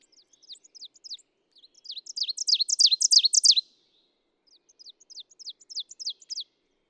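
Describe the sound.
Ovenbird song: soft high phrases build into a loud, rapid, repeated chant lasting about two seconds, then a fainter second run of the same sharp, swooping notes.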